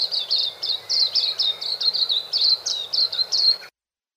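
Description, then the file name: White-eye song: high, sweet chips and trills repeated rapidly, several notes each second, in a lively continuous stream. "suara-kicauan-burung-kacamata-perak -omkicau"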